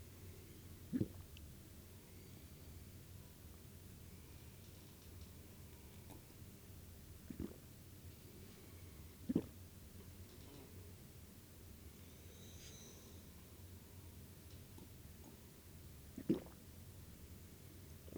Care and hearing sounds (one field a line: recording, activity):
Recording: daily activity, guitar pickup as the sensor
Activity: drink water